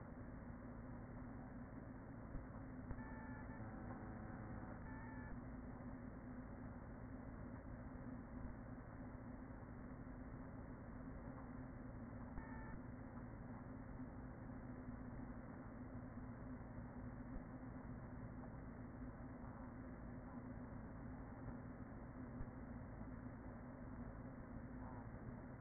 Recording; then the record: honeybee colony, microphone inside the hive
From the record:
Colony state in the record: queen present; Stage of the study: after two queens were removed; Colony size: about 40,000 bees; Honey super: no